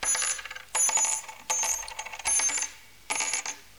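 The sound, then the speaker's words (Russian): Gold coins clink and jingle in repeated bursts, about five quick clusters of bright, ringing chinks separated by short pauses, as 100 gold coins are counted out one handful at a time to buy a hare. “100 золотых. Ай-я. Отсчитывай скорее, пока я не раздумал.”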